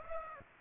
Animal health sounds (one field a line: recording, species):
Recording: mosquito wingbeat signal from an infrared sensor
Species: Aedes aegypti